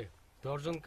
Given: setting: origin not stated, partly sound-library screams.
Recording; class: one-second piece from a danger detection set; normal situation